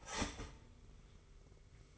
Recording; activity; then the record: daily activity, microphone in the room; start toaster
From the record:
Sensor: 4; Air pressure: 991.5 hPa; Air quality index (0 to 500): 136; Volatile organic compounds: 54 ppm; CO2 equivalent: 3341 ppm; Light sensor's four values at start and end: 20/66/24/25 and 18/60/22/23